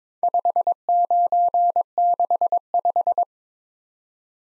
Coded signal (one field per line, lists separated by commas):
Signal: Morse code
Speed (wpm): 23 wpm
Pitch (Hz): 700 Hz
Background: none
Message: 5965